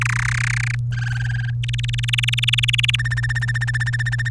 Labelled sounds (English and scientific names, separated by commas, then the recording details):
Domestic Canary (Serinus canaria) song
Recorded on 23 April 2018 at 17:21
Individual llb3